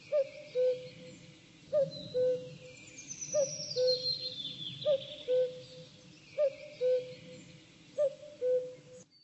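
Bird calling with a low two-part hoot, a short upslurred note then a longer level note, repeated roughly every one and a half seconds, with faint high twittering behind.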